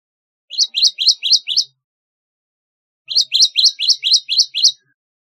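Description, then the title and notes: Java sparrow song: two tight bursts of several sharp, high chirps, separated by a pause of over a second. "Kicau Burung Gelatik"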